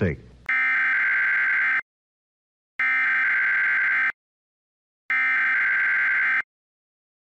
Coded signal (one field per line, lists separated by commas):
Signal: Emergency Alert System (SAME) tones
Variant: header bursts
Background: speech